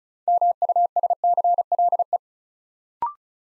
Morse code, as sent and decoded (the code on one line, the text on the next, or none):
-- ..- ... -.-. .-.. .
MUSCLE